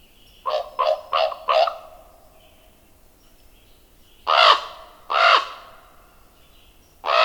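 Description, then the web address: Common raven calls: a quick run of four short croaks, then three louder, harsher rasping caws, the first two under a second apart and the last after a longer gap. Common western North American species. "Songs of Birds of North America Know Your Bird Sounds. Common Raven"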